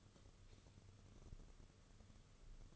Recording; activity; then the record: daily activity, microphone in the room; light off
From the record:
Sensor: 4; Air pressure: 995.3 hPa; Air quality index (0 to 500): 212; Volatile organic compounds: 232 ppm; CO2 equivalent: 4310 ppm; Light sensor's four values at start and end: 8/19/7/8 and 8/18/7/8